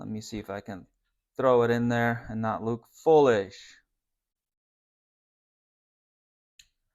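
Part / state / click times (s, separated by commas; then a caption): crimped wire terminal into harness connector housing / seated / 6.6 s. A crimped wire terminal is pushed into a plastic connector housing on a DIY wire harness for an EV conversion forward/reverse switch. Someone talks through the first four seconds, then after a stretch of quiet the terminal seats with a short, sharp click at 6.6 s.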